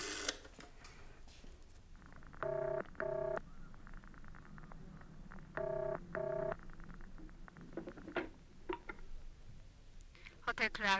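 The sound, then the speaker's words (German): A telephone number is dialed with touch-tone beeps: two quick pairs of steady, pitched tones separated by a short pause, over a quiet background with faint clicks and rustling. “Ich muss nur schnell telefonieren.”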